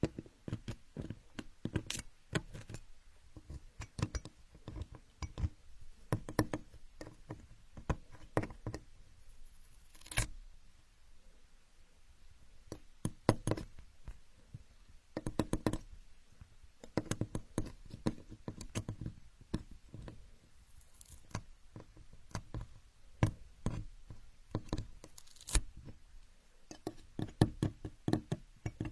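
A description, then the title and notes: Building blocks are handled and played with, giving irregular clicks, clacks and knocks throughout. Some impacts are sharp and bright, around 2, 6, 10, 15 and 25 seconds, while softer rattling and shuffling fills the gaps, with brief quieter pauses. Asmr, playing with building blocks.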